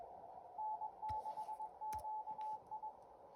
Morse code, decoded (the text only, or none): N6QI